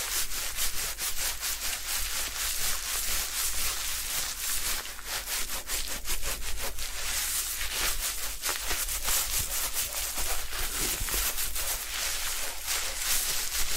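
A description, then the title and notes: Hair washing and scalp massage during a head spa make a dense, steady rubbing and scrubbing sound, bright and hissy, with quick repeated strokes throughout. A low hum runs underneath, and faint voice-like murmurs surface now and then. Head Spa Hair Wash, Massage, Ear Cleaning.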